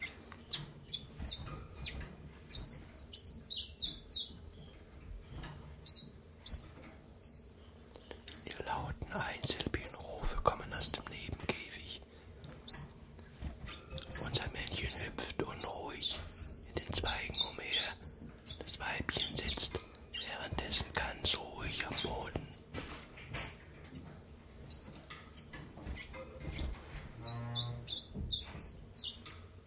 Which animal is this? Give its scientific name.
Phylloscopus collybita